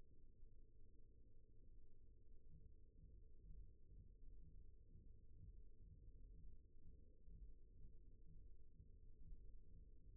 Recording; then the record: forearm muscle sounds (acoustic myography)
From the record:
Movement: rest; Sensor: system 1, eight BSWA MPA416 microphones around the upper forearm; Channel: 4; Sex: male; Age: 54 years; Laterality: right